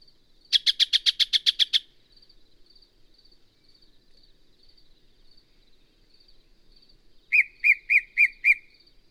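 Yellow-breasted Chat song: a fast series of about ten harsh notes, a long pause, then five lower whistled notes; faint high insect buzz throughout.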